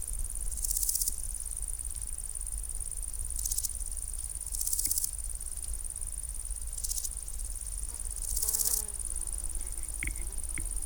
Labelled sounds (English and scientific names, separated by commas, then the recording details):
Large Gold Grasshopper (Chrysochraon dispar) stridulation
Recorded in the wild
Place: Groß Dölln, Schorfheide, Brandenburg, DE
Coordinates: 53.01, 13.58
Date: 1996-08-04 16:47
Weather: wechselnd heiter bis wolkig, 15-18°C
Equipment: Sony MD-WM MZ-R3, Sennheiser ME 80, Kopie Uher 4000 Report Monitor
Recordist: Tembrock, Günter